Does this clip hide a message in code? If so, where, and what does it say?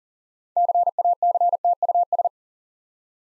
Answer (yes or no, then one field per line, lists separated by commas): yes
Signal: Morse code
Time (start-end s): 0.6-2.3 s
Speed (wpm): 43 wpm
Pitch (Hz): 700 Hz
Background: none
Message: CACTUS